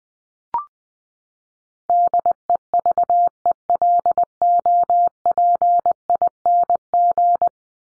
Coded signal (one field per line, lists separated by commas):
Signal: Morse code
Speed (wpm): 20 wpm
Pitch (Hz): 700 Hz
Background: none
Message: DEVELOPING